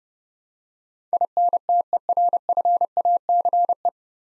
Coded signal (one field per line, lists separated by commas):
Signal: Morse code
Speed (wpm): 31 wpm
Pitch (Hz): 700 Hz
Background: none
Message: INTERFACE